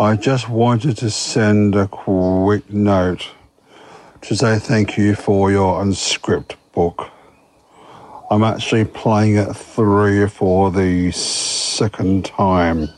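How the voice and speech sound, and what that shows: An adult man who stutters speaks in a deep, steady, powerful voice, with a held 'k' block, stretched words and long pauses, typical of stuttering.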